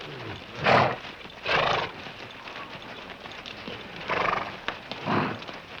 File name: Horse Breathing